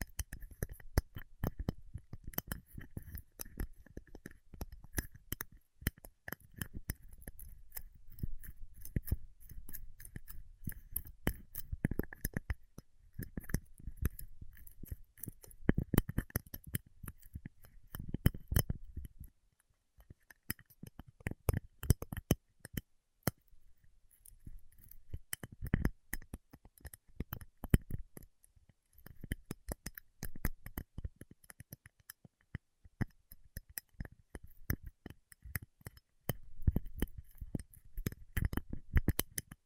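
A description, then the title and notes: Paraffin wax is peeled, tapped and scratched, with dense crackly clicks and a brief quieter pause around twenty seconds. ASMR Paraffin Wax Peeling, Tapping and Scratching (No Talking).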